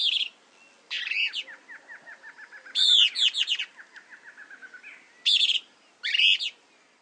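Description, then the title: Plain-crested elaenia uttering loud, scratchy high bursts over a train of softer ticking notes. Nominate subspecies Elaenia cristata cristata. "LuckyPassaro Completos2Sama. Plain-crested Elaenia (Elaenia cristata cristata)"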